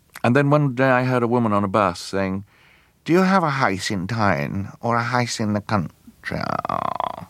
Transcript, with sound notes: And then, one day, I heard a woman on a bus saying, (imitating posh accent) do you have a house in town or a house in the country?